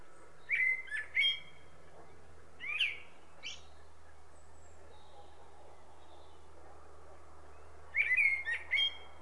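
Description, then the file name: Common blackbird singing short fluty phrases with squeaky high endings, three bursts separated by pauses over a hissy background. "Turdus merula"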